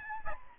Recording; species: mosquito wingbeat signal from an infrared sensor; Aedes albopictus